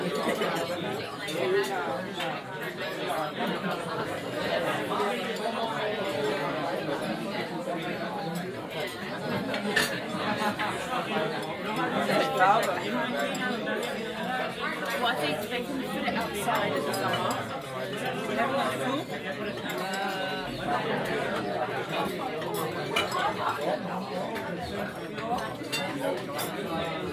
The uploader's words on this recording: 2 minutes of a large pilgrim dinner at Albergue La Cabaña del Abuelo Peuto, shortly after the famed Ernesto held his nightly lecture. In Situ Season 1 episodes are 5 minutes of ambient sound recorded along del Norte, the northern coastal route of the Camino de Santiago network of pilgrimage paths converging in Spain. These tiny meditations are made with binaural microphones, creating an immersive hyper-realistic listening experience.